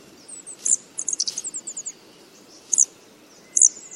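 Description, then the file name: Blue flycatcher calling: a loud chip, a quick run of short high ticking notes, then two more isolated chips. Alarm call. "suara alarm panggilan cikrakperi biru omkicau"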